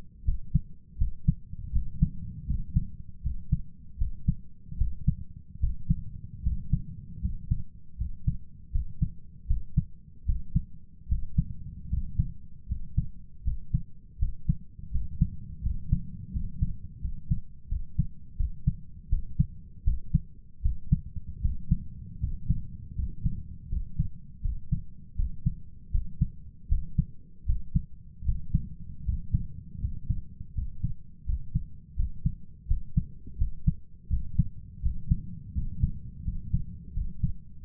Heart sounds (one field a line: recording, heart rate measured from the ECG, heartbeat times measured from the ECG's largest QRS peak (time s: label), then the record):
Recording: heart sounds by stethoscope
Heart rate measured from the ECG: 80 bpm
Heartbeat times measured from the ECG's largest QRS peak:
0.23 s: heartbeat
0.97 s: heartbeat
1.71 s: heartbeat
2.45 s: heartbeat
3.21 s: heartbeat
3.97 s: heartbeat
4.76 s: heartbeat
5.59 s: heartbeat
6.42 s: heartbeat
7.20 s: heartbeat
7.96 s: heartbeat
8.70 s: heartbeat
9.46 s: heartbeat
10.24 s: heartbeat
11.07 s: heartbeat
11.88 s: heartbeat
12.67 s: heartbeat
13.43 s: heartbeat
14.17 s: heartbeat
14.90 s: heartbeat
15.61 s: heartbeat
16.31 s: heartbeat
17.00 s: heartbeat
17.67 s: heartbeat
18.36 s: heartbeat
19.08 s: heartbeat
19.83 s: heartbeat
20.61 s: heartbeat
21.40 s: heartbeat
22.19 s: heartbeat
22.94 s: heartbeat
23.68 s: heartbeat
24.41 s: heartbeat
25.15 s: heartbeat
25.90 s: heartbeat
26.67 s: heartbeat
27.45 s: heartbeat
28.24 s: heartbeat
29.04 s: heartbeat
29.80 s: heartbeat
30.53 s: heartbeat
31.24 s: heartbeat
31.95 s: heartbeat
32.66 s: heartbeat
33.37 s: heartbeat
34.08 s: heartbeat
34.81 s: heartbeat
35.53 s: heartbeat
36.23 s: heartbeat
36.92 s: heartbeat
37.60 s: heartbeat
From the record:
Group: healthy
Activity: cold pressor test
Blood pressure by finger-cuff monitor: 101/70 mmHg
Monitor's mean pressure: 78 mmHg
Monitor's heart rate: 80 bpm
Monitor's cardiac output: 6.8 L/min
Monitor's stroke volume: 86 mL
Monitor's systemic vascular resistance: 830 dyn s/cm5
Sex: male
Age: 23 years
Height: 178 cm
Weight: 96.6 kg